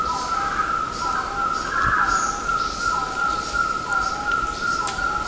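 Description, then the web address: Red-breasted partridge calling: clear whistled notes that dip downward, repeated in a steady series over a constant insect drone. Recorded at Mount Kinabalu, Bukit Ular. "MTKINABALUBUKITULAR. red-breasted hill partridge"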